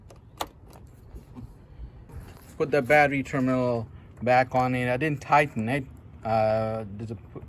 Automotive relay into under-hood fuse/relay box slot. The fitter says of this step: relay کے install ہونے کو یقینی بنانے کے لیے 'کلک' کی آواز سنیں